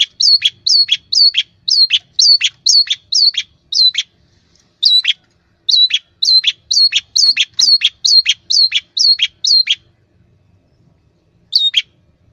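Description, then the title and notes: Long-tailed shrike song: a fast, even series of high, buzzy two-part notes, two to three per second, that breaks off, resumes, then ends with a lone note. Used to train cage birds. "Masteran Burung Cendet"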